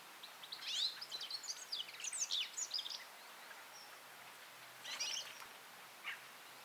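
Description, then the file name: European goldfinch song: a lively burst of high twittering notes for nearly three seconds, then a shorter phrase and a single note, over constant background hiss. "Carduelis carduelis"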